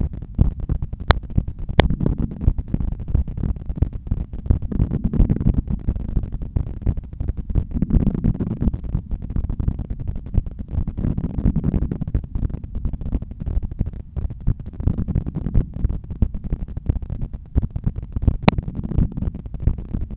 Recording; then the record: heart sounds by stethoscope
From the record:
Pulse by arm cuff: 88 bpm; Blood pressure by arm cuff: 124/83 mmHg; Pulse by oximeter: 88 bpm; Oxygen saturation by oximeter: 96%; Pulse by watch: 88 bpm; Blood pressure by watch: 116/77 mmHg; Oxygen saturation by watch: 97%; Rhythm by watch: sinus rhythm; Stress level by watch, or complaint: low stress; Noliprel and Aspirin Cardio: after pills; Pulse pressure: 41 mmHg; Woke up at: 6:55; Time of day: 19:43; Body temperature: 36.4 C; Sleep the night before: 7 h 39 min, score 71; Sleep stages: REM 24%, light 64%, deep 5%, awake 7%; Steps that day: 12000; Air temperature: 23 C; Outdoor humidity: 76%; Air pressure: 1008 hPa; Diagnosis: hypertension, treated with Noliprel and Aspirin Cardio 100 mg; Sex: male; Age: 53 years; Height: 174 cm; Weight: 81 kg